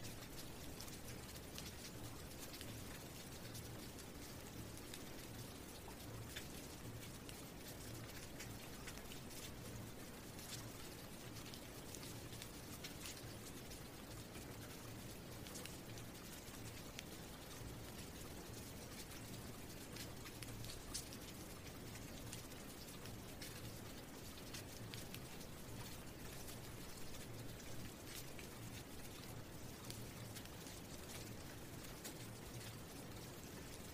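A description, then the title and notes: Rain falls steadily throughout, a dense, unbroken hiss with countless fine drop ticks spread across the bright upper range. Underneath runs a constant low hum and rumble. The level stays even from start to finish, with only tiny flickers of louder drops. Rain Sounds.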